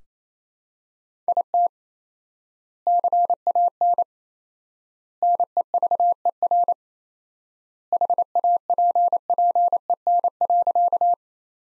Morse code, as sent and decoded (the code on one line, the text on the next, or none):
.. - / -.-. .- -. / -. . ...- . .-. / .... .- .--. .--. . -. .-.-.-
IT CAN NEVER HAPPEN.